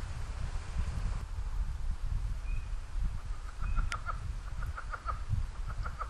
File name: Rana sphenocephala